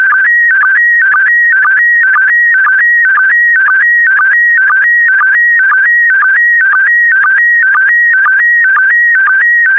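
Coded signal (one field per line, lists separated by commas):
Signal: SSTV (slow-scan television)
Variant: PD120 mode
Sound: warbling electronic tone with a short low blip about twice per second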